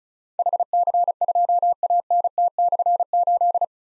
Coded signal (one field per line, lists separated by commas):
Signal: Morse code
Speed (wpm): 36 wpm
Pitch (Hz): 700 Hz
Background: none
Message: HC2ANT/8